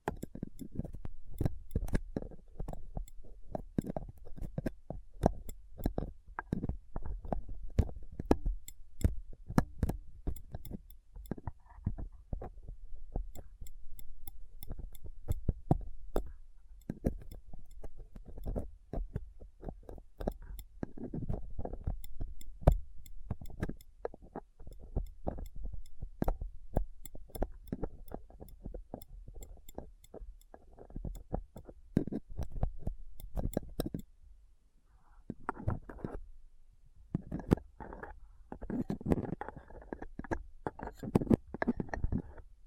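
A dental pick, tweezers and cotton swab scrape and tap across a rough mic in dense, irregular clicks and scratches, with heavier rubbing bursts near the end.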